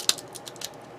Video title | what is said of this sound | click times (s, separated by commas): *GundamCustom* 1/100 MG ZZ Gundam Ver Ka - Part 9 | it in there snap | 0.1 s